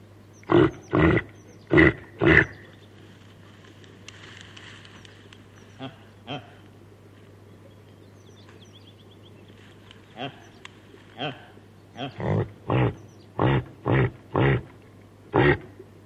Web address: sonidos del reno caribu la hembra del reno llama a su cria